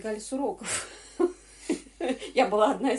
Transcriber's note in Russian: смех